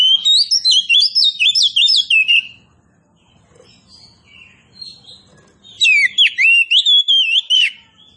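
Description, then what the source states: Oriental magpie-robin delivering two loud bursts of swooping, clear whistled notes, separated by a quieter stretch. Kacer poci form of the bird, described as gacor, singing vigorously and continuously.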